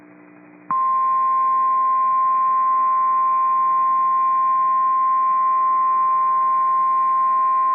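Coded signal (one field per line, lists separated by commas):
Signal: Emergency Alert System (SAME) tones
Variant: 1050 Hz attention tone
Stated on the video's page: Genuine EAS SAME tones for a Severe Thunderstorm Warning, capable of triggering alert equipment.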